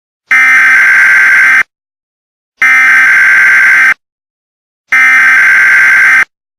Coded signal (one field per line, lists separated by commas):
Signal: Emergency Alert System (SAME) tones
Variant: header bursts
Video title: EAS Scenario: San Diego Madness